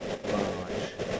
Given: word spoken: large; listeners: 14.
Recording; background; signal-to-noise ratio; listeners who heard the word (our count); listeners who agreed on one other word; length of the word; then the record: one English word in noise, from a listening test; noise modulated by three-talker babble; -4.2 dB; 2 of 14; 6 of 14; 0.80 s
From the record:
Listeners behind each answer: 6, 3, 2, 1, 1, 1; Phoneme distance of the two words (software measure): 10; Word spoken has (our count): 1 syllable, 3 phonemes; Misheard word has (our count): 1 syllable, 3 phonemes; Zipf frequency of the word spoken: 5.10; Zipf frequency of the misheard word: 3.60